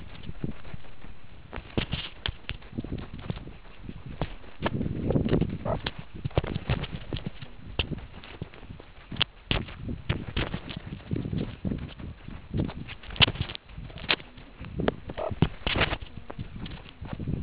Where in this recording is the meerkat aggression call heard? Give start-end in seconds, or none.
none